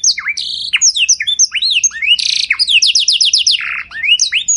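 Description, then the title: Domestic canary song packed with fast sweeping whistles, a buzzy burst near the middle, then a rapid rattling trill of repeated notes. White Belgian canary with rolling song, long sustained phrases and ornate cengkok style; song used to stimulate canaries. "Canto Para Esquentar Canário Belga. Suara Burung Kenari Putih Ngeroll Mantap Nembak Panjang! Cengkok Mewah Beda Dari Kenari Lain"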